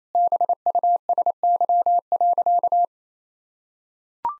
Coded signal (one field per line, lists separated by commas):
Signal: Morse code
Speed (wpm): 28 wpm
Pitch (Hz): 700 Hz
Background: none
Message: BUSY.